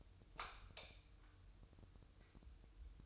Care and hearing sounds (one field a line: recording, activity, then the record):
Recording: daily activity, microphone in the room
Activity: light off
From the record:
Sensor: 2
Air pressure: 988.3 hPa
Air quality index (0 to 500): 191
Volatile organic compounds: 184 ppm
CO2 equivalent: 4156 ppm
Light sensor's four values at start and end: 11/34/13/13 and 6/16/6/7